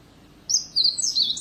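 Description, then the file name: Meadow bunting song fragment: after half a second of quiet, bright high chirping notes in two quick bursts, sharp and slurred, over faint background hiss. "siberian bunting"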